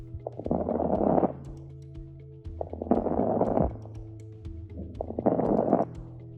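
Three breaths, about 26 a minute, each a rustling sound scattered with fine popping clicks, with a low steady hum between them. These are crepitant rales heard on auscultation, the crackles of typical pneumonia, which presents with fever, productive cough and crepitant rales; inflamed alveoli fill with fluid.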